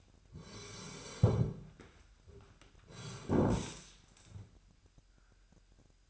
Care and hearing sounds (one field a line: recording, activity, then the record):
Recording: daily activity, microphone in the room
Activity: sit down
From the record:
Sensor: 2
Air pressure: 998.5 hPa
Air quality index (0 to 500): 126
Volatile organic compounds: 3 ppm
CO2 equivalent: 1430 ppm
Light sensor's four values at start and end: 5/12/5/6 and 6/15/6/7